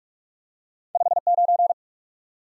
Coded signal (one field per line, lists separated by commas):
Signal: Morse code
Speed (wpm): 46 wpm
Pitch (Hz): 700 Hz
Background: none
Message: 5 9